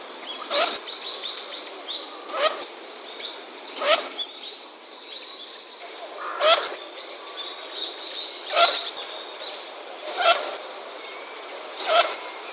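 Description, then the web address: Eurasian teal calling, sharp clipped notes repeated every couple of seconds over a busy background of high chirping and whistling birds. Recorded 13 November 2022. "birdenaga kogamo 131122"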